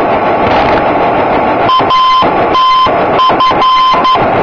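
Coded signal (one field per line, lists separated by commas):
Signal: Morse code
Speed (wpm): 12 wpm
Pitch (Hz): 3100 Hz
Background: none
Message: ATF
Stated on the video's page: Non-directional beacon on 245 kHz at an airport in Alta Floresta, Mato Grosso, Brazil.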